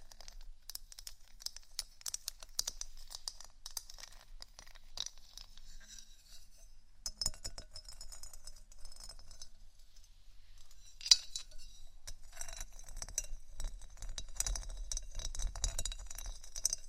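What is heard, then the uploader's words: Gentle scratching and tapping fill the recording, a crisp patter of light clicks with a dry, papery hiss. The rhythm is quick and uneven, sparser and quieter around the middle, with a sharper tap near eleven seconds and a busier, slightly fuller stretch toward the end. ASMR Gentle Scratching & Tapping For Sleep (No Talking).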